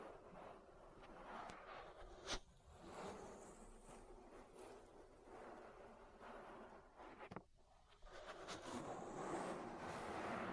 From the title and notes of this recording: ASMR Relaxing Ear Massage. (No Talking).